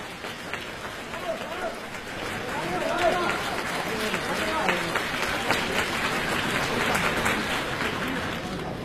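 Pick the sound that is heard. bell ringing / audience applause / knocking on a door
audience applause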